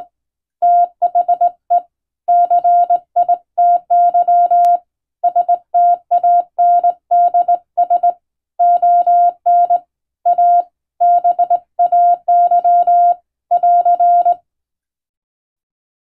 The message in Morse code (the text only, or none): THE CITY STANDS ON A BAY <AR>